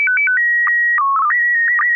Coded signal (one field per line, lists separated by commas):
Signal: SSTV (slow-scan television)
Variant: PD 120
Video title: N6NA SSTV Net - 08/02/2023